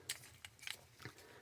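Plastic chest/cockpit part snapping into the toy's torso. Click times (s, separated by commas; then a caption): 0.1 s. With the head folded in facing up and the chest closed flush, a plastic chest/cockpit part is pushed into the torso of a purple Transformers Gamer Edition Skywarp robot toy. It snaps into place with a sharp click at 0.1 s. Fainter plastic clicks follow at 0.5 s, 0.7 s and 1.1 s.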